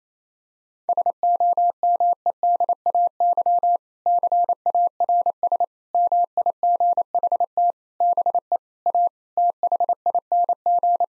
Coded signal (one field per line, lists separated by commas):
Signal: Morse code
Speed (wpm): 28 wpm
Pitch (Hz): 700 Hz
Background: none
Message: SOMEDAY CARS MIGHT BE A THING